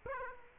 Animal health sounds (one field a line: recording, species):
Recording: mosquito wingbeat signal from an infrared sensor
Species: Aedes aegypti